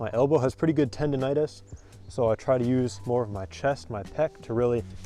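Someone talks while starting to crank down the barrel of a Hatson 125 Sniper Vortex break-barrel air rifle against its 50-pound spring, using chest force rather than the elbow because of elbow tendonitis. A steady low hum sits under the voice. The barrel has not yet latched, and nothing has clicked.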